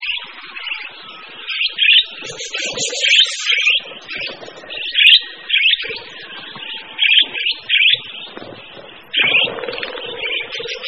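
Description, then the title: Several birds chirping and trilling at once, high twittering phrases in quick bursts, with a lower buzzy note running under parts of the chorus. Mixed birds. "manuk campur"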